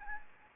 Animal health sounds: mosquito wingbeat signal from an infrared sensor; Anopheles gambiae

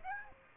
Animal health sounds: mosquito wingbeat signal from an infrared sensor; Aedes aegypti

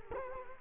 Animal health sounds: mosquito wingbeat signal from an infrared sensor; Culex quinquefasciatus

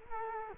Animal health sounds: mosquito wingbeat signal from an infrared sensor; Culex quinquefasciatus

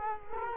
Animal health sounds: mosquito wingbeat signal from an infrared sensor; Culex quinquefasciatus

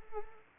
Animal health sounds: mosquito wingbeat signal from an infrared sensor; Anopheles arabiensis

